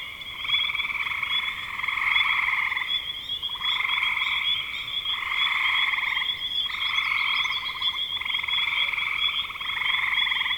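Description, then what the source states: Frogs trilling together, buzzy pulsed bouts repeating roughly every one and a half seconds, over a continuous high whine, with faint chirps above. Recorded in spring 2025.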